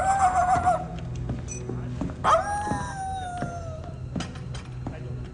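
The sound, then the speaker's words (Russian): A man imitates a dog with his voice as he walks away, giving a wavering whine and then a long, falling howl-like yelp, with low background noise throughout. “Старлей уходит, голосом имитируя собаку.”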